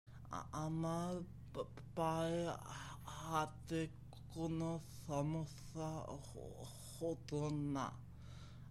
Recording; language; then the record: elicited speech; Bengali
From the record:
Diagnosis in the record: Broca's or global aphasia after a stroke